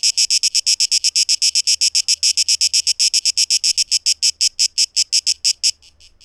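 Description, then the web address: Cicada song: rapid shrill pulses that slow and space out before stopping near the end. Recorded 12 August 2023. "rauschpartikel 2023-08-12 Zikaden"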